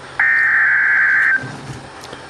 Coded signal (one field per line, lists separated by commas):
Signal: Emergency Alert System (SAME) tones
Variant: header bursts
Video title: Severe Thunderstorm Warning for S Buffalo, NW Kearney, NE Phelps County in NE {EAS #261}